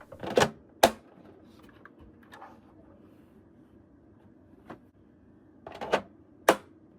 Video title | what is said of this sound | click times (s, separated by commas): PlayStation 5 Power Supply Replacement - How to Fix PS5 No Power (CFI-1200) | Finally, slide both faceplates back until they click into place. | 0.8 s, 6.5 s